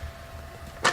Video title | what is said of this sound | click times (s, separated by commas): Unboxing and Testing out my new Protocycler! | so when this goes down, you can hear it click. | 0.9 s